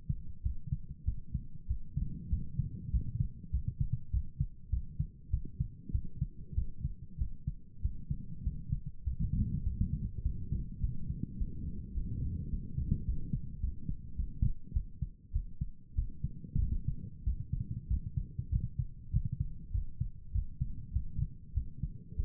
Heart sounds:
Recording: heart sounds by stethoscope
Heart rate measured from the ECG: 99 bpm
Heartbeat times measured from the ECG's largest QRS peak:
0.42 s: heartbeat
1.04 s: heartbeat
1.67 s: heartbeat
2.29 s: heartbeat
2.90 s: heartbeat
3.50 s: heartbeat
4.10 s: heartbeat
4.69 s: heartbeat
5.30 s: heartbeat
5.91 s: heartbeat
6.54 s: heartbeat
7.17 s: heartbeat
7.81 s: heartbeat
8.43 s: heartbeat
9.03 s: heartbeat
9.63 s: heartbeat
10.22 s: heartbeat
10.80 s: heartbeat
11.37 s: heartbeat
11.93 s: heartbeat
12.49 s: heartbeat
13.04 s: heartbeat
13.60 s: heartbeat
14.15 s: heartbeat
14.73 s: heartbeat
15.32 s: heartbeat
15.94 s: heartbeat
16.58 s: heartbeat
17.23 s: heartbeat
17.87 s: heartbeat
18.49 s: heartbeat
19.10 s: heartbeat
19.71 s: heartbeat
20.31 s: heartbeat
20.92 s: heartbeat
21.53 s: heartbeat
22.16 s: heartbeat
From the record:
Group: healthy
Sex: male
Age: 19 years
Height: 178 cm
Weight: 83 kg

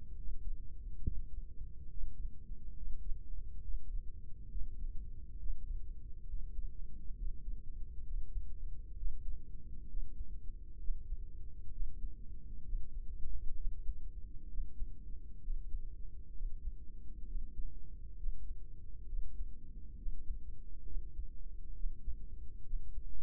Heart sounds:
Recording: heart sounds by microphone in the right ear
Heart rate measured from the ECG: 67 bpm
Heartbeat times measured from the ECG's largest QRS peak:
0.17 s: heartbeat
1.03 s: heartbeat
1.89 s: heartbeat
2.75 s: heartbeat
3.62 s: heartbeat
4.49 s: heartbeat
5.38 s: heartbeat
6.26 s: heartbeat
7.15 s: heartbeat
8.04 s: heartbeat
8.95 s: heartbeat
9.87 s: heartbeat
10.79 s: heartbeat
11.70 s: heartbeat
12.63 s: heartbeat
13.55 s: heartbeat
14.48 s: heartbeat
15.40 s: heartbeat
16.33 s: heartbeat
17.25 s: heartbeat
18.16 s: heartbeat
19.06 s: heartbeat
19.96 s: heartbeat
20.84 s: heartbeat
21.74 s: heartbeat
22.63 s: heartbeat
From the record:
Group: healthy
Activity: breath hold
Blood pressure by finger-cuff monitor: 158/90 mmHg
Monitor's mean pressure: 107 mmHg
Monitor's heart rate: 66 bpm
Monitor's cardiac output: 6.6 L/min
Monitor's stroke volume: 101 mL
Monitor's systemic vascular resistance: 1190 dyn s/cm5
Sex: male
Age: 57 years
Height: 188 cm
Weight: 106 kg

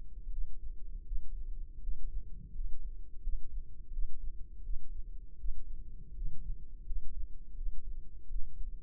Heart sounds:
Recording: heart sounds by microphone in the left ear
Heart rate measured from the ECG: 83 bpm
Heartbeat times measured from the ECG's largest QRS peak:
0.29 s: heartbeat
1.04 s: heartbeat
1.79 s: heartbeat
2.52 s: heartbeat
3.20 s: heartbeat
3.90 s: heartbeat
4.61 s: heartbeat
5.36 s: heartbeat
6.13 s: heartbeat
6.83 s: heartbeat
7.54 s: heartbeat
8.27 s: heartbeat
From the record:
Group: healthy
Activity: rest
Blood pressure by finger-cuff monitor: 126/92 mmHg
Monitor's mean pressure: 102 mmHg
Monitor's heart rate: 83 bpm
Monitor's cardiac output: 5.9 L/min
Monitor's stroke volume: 72 mL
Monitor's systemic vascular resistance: 1270 dyn s/cm5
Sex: male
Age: 21 years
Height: 180 cm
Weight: 67.5 kg

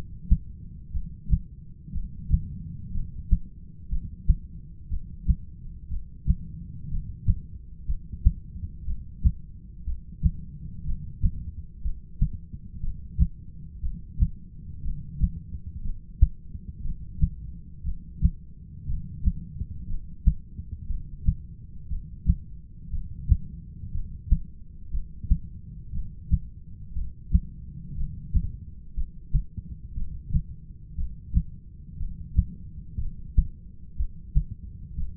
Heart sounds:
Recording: heart sounds by stethoscope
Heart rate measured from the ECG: 60 bpm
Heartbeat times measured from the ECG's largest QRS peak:
0.92 s: heartbeat
1.93 s: heartbeat
2.92 s: heartbeat
3.89 s: heartbeat
4.89 s: heartbeat
5.89 s: heartbeat
6.89 s: heartbeat
7.86 s: heartbeat
8.85 s: heartbeat
9.85 s: heartbeat
10.85 s: heartbeat
11.82 s: heartbeat
12.81 s: heartbeat
13.81 s: heartbeat
14.83 s: heartbeat
15.83 s: heartbeat
16.82 s: heartbeat
17.84 s: heartbeat
18.87 s: heartbeat
19.87 s: heartbeat
20.87 s: heartbeat
21.88 s: heartbeat
22.91 s: heartbeat
23.92 s: heartbeat
24.91 s: heartbeat
25.92 s: heartbeat
26.94 s: heartbeat
27.96 s: heartbeat
28.95 s: heartbeat
29.95 s: heartbeat
30.96 s: heartbeat
31.98 s: heartbeat
32.98 s: heartbeat
33.97 s: heartbeat
34.96 s: heartbeat
From the record:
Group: heart failure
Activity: rest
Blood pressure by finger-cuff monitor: 111/76 mmHg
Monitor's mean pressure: 90 mmHg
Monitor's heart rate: 59 bpm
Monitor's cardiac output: 6.4 L/min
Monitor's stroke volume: 106 mL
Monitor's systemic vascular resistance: 1040 dyn s/cm5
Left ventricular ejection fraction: 25%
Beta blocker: metoprolol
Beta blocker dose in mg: 62.5 twice daily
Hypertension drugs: ramipril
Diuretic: furosemide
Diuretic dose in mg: 40 twice daily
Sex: male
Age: 57 years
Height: 180 cm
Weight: 90.5 kg

